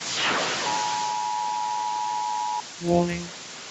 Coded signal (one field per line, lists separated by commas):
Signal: Emergency Alert System (SAME) tones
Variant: 853 and 960 Hz attention tone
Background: speech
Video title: Every EAS video I've made (so far)